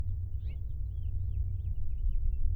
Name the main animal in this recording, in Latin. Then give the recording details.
Haemorhous mexicanus. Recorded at Babylon on Long Island, New York, on 22 May 1975. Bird C